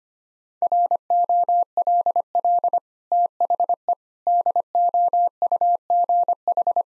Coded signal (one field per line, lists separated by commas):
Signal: Morse code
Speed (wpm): 25 wpm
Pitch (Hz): 700 Hz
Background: none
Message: ROLL THE DOUGH